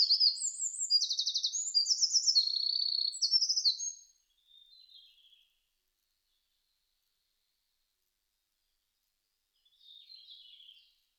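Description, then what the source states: Eurasian wren song: a four-second torrent of high, piercing trills and rattles, then quieter high notes, a long silence and a faint closing twitter. Recorded 5 June 2005.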